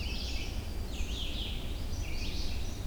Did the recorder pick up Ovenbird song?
no